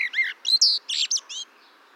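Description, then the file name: Common blackbird giving a brief burst of several quick, high, squeaky twittering notes. "Turdus merula"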